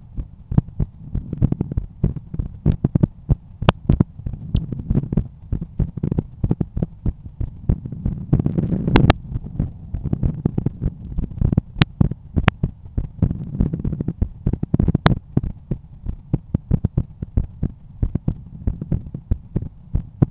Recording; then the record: heart sounds by stethoscope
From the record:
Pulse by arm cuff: 89 bpm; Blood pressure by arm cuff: 141/91 mmHg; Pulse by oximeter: 91 bpm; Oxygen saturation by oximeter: 97%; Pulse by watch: 92 bpm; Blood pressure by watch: 126/80 mmHg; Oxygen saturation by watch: 97%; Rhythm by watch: sinus rhythm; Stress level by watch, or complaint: low stress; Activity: after 5 min smoking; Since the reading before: plus 4300 steps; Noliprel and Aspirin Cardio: no pills today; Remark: recalibration of the watch 3 / 3 measurements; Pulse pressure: 50 mmHg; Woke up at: 7:00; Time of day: 20:30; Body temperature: 36.4 C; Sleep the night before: 8 h 5 min, score 54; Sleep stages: REM 28%, light 57%, deep 5%, awake 10%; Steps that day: 9800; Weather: cloudy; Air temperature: 15.1 C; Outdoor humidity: 90%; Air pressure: 1014 hPa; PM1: 2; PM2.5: 5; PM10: 7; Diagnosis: hypertension, treated with Noliprel and Aspirin Cardio 100 mg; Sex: male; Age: 53 years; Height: 174 cm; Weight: 81 kg